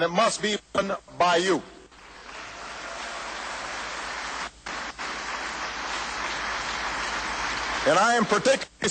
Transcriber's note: applause